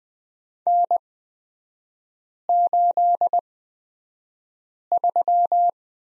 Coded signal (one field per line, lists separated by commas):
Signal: Morse code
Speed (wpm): 20 wpm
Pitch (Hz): 700 Hz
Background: none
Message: N83